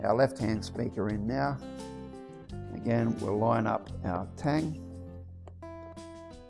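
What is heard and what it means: Someone talks over background guitar music while lining up the tang of the left-hand Bluetooth speaker of an HJC SMART 10B intercom at the speaker pocket of an HJC i90 helmet. A few faint, brief handling sounds follow near the end. The speaker has not yet seated or clicked into place.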